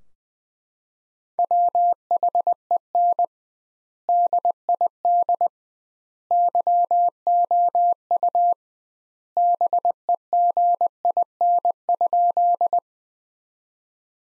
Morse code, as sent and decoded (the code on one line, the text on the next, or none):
.-- .... . -. / -.. .. -.. / -.-- --- ..- / -... . --. .. -. ..--..
WHEN DID YOU BEGIN?